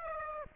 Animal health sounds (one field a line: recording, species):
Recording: mosquito wingbeat signal from an infrared sensor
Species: Aedes aegypti